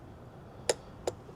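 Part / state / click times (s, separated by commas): click-type torque wrench on a coil pack bolt in the valve cover / torque reached / 0.7 s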